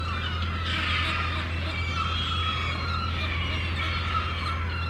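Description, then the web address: Gulls giving overlapping squealing and drawn-out cries, with a steady low-pitched hum throughout. Gulls at a harbour, described as crazy. "The Sound Pack Tree - Sonic Seaside - Crazy Harbor Seagulls"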